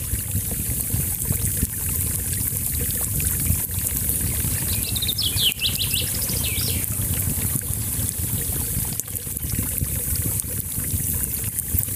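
A small brook burbles steadily with a deep, continuous rush, while a bird's brief chirping call rises faintly around the middle.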